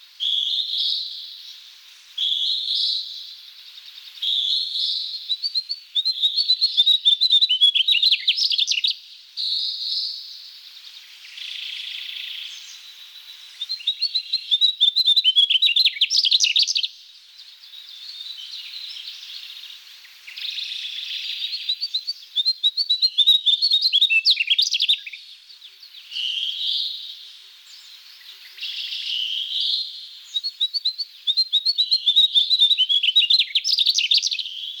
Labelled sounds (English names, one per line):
Mugimaki Flycatcher song